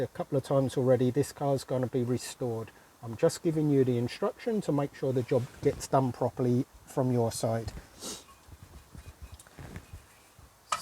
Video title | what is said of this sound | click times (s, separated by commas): Mitsubishi 3000gt / GTO Rear Wheel Hub Replacement 4WD | you can almost hear that that was a perfect mating surface. You hear it clunk into place nice and cleanly. | 10.7 s